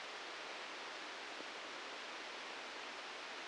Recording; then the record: brain microelectrode recording played as sound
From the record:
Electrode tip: outside the subthalamic nucleus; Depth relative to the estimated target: 4 mm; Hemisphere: right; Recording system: NeuroSet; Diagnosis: Parkinson's disease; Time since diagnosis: 13 years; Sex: male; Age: 63 years